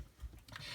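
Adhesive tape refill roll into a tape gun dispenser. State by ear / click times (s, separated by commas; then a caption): seated / 0.5 s, 0.6 s. A refill adhesive tape roll is pushed onto the spindle of an ATG adhesive tape gun, a plastic dispenser. Two quick sharp clicks are heard at 0.5 s and 0.6 s over low background rumble as the roll snaps in and seats.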